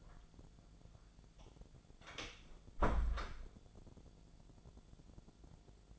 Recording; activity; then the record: daily activity, microphone in the room; close door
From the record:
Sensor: 5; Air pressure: 1000.5 hPa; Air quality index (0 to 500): 153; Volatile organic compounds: 2 ppm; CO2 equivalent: 1182 ppm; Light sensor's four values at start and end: 49/114/48/51 and 49/115/48/52